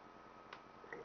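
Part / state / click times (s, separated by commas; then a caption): fitting sliding onto an electronic cigarette body / seated / 0.9 s. A sleeve or tip fitting is slid over the cartomizer of an electronic cigarette against a steady low background hum. Three short ticks sound at 0.5, 0.9 and 1.1 seconds, and the strongest, at 0.9 seconds, is the fitting snapping into place, seated.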